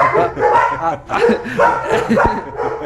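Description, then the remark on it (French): Dogs on a boat bark and yip excitedly at a dolphin they recognize, in quick, overlapping bursts, their high, whining barks rising and falling loudly without pause for a few seconds. “Les chiens ont reconnu le dauphin.”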